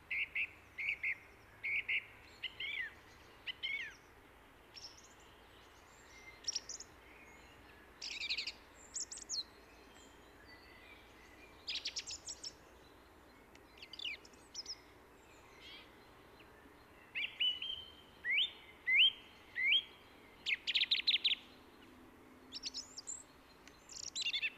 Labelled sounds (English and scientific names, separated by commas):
Song Thrush (Turdus philomelos) song